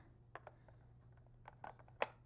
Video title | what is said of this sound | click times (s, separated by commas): Lens Comparison: How Focal Length Changes Your Shot | I heard it click. | 2.0 s